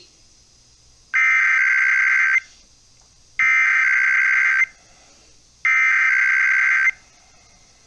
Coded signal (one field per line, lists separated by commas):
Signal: Emergency Alert System (SAME) tones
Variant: header bursts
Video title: EAS #82-84 - IPAWS Weekly Tests (1/15/24)